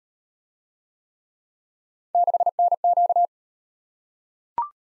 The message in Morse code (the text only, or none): 6NQ